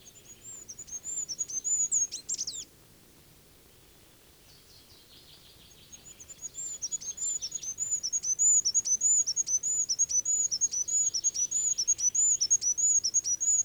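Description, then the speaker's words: Goldcrest singing very high, thin, rhythmic notes: one phrase closes with a brief trill, then after a pause a long run of repeated high notes follows. Finland's smallest bird, living in spruce forests; song so high that old people can no longer hear it; rhythmic phrase ending in a playful trill. "Hippiäisen laulu on niin korkea, etteivät vanhat ihmiset sitä enää kuule."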